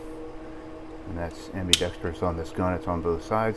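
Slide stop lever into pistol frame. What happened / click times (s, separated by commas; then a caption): Part handled, no clear seating snap yet / none. Someone talks while handling the ambidextrous slide stop lever, present on both sides of a Glock 17, 19 or 22 pistol's polymer frame, during an inspection. The lever has not yet been let go to snap back into the frame, so nothing has seated or clicked yet.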